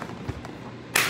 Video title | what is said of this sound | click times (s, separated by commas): New Boot Goofin - Unboxing Salomon S/LAB MTN | click and now i'm in schema and same thing it's click | 1.0 s